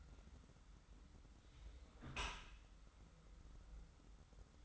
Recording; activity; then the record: daily activity, microphone in the room; close dishwasher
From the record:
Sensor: 3